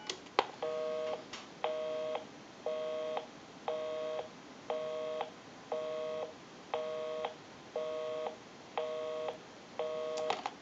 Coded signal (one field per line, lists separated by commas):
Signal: telephone call progress tone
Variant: North America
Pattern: busy tone